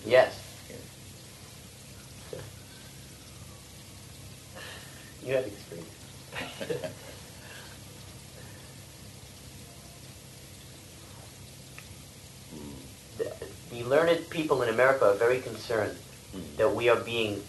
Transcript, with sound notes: Yes. You have to experience it. [laughs] The learned people in America are very concerned that we are being...